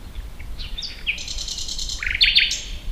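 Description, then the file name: Common nightingale song phrase, short whistles leading into a fast run of repeated notes over faint low background noise. "Luscinia megarhynchos"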